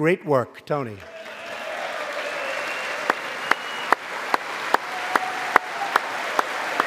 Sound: applause

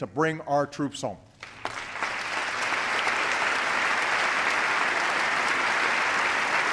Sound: applause

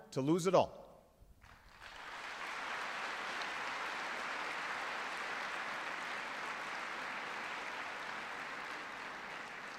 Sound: applause

